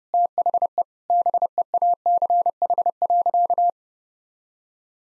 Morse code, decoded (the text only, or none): THE BEACH.